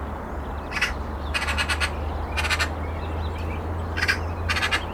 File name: Pica pica